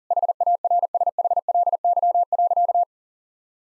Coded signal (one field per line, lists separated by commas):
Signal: Morse code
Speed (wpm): 37 wpm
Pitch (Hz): 700 Hz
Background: none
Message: HARSHLY.